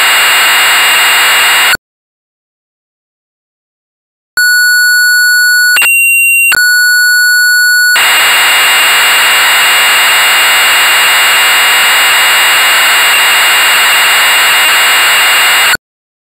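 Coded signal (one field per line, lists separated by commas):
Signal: computer data on cassette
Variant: Amstrad CPC 464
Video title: Castle of the Skull Lord (1984) - Amstrad CPC 464 (Full Tape Rip / Cassette Load)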